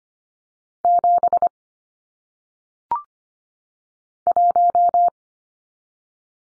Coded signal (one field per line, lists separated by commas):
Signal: Morse code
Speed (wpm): 25 wpm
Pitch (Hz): 700 Hz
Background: none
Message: 7 1